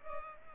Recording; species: mosquito wingbeat signal from an infrared sensor; Culex pipiens